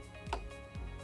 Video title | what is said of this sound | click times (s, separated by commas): That BERNINA Guy - How To Clean & Oil Your 3 Series | and you'll hear it snap | 0.3 s